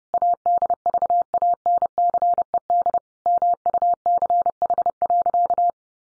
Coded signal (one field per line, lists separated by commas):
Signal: Morse code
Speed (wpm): 30 wpm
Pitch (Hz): 700 Hz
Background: none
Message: ADVANCED MUCH.